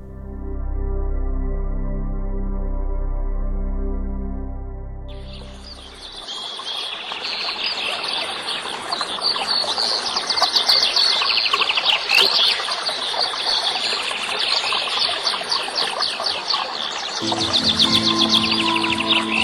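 A sustained low, tonal hum gives way after about five seconds to a dense, lively chorus of birds chirping and singing, many high, quick calls overlapping steadily to the end.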